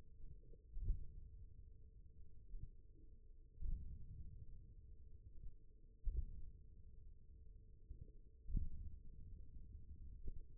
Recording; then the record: forearm muscle sounds (acoustic myography)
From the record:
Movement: index flexion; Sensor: system 1, eight BSWA MPA416 microphones around the upper forearm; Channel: 2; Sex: male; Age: 41 years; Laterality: right